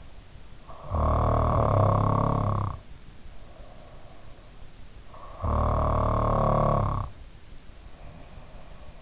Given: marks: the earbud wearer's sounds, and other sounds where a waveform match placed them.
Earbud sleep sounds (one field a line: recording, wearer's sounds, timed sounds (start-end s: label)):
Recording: sounds in sleep by an in-ear microphone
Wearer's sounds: snoring breath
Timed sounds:
0.79-4.33 s: snoring breath
5.19-9.02 s: snoring breath